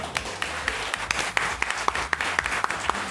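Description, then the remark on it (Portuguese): Steady, evenly paced clapping as applause for the philosopher Immanuel Kant, about a dozen sharp claps in quick rhythm over a low background hum, with no one speaking. “Palmas pra Kant.”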